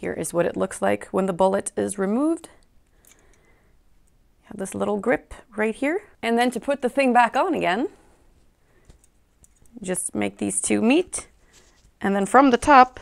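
Someone talks while handling a bullet belt, bringing the grip parts of the belt together and lining up a metal bullet before pushing it into the grip. Faint, brief handling taps are heard during the pauses in speech, around 2.9 to 4.1 seconds and 8.9 to 9.7 seconds. The bullet has not yet snapped or clicked into place.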